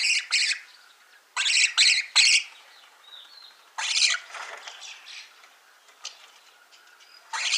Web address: Schulze Peter Rosecoloured Starling calls